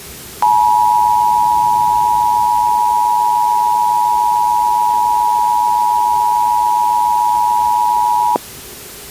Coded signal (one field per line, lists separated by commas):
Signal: Emergency Alert System (SAME) tones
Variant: 853 and 960 Hz attention tone